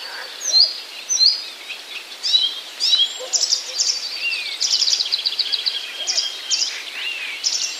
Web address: wroblowe kolekcja acrocephalus dumetorum